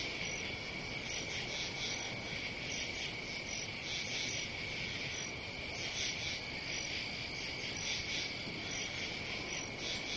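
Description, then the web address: Cricket calling steadily, a continuous high ringing tone with faster pulsed trilling above it, unbroken for the whole stretch against steady background noise. "сверчки"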